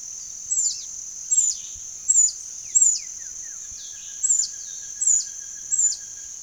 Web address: Natures Songs S America Eastern Lowlands. Leucippus chlorocercus, song